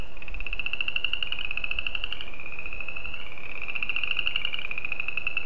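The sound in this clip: Spring peeper calling in long, high, pulsing trills that shift pitch slightly.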